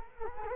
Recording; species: mosquito wingbeat signal from an infrared sensor; Culex quinquefasciatus